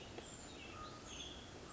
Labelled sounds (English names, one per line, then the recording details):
Western Tanager
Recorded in Sonoma County, California